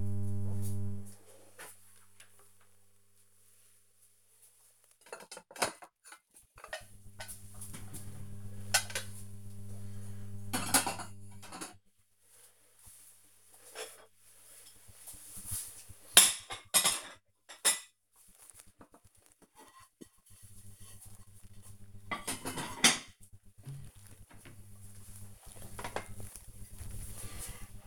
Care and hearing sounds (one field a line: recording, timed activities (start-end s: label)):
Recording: household activities, microphone on the right wrist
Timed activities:
0.00-27.87 s: putting away the dishes